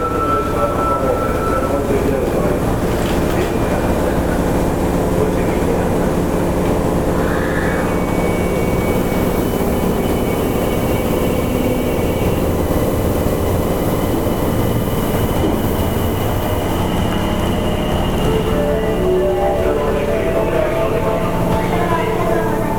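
Subway trains at Shinsaibashi Station on the Midosuji Line, with a steady, dense low rumble of running trains throughout. Faint voices and announcements mix in, with a brief tone near the eight-second mark and thin whining pitches later on.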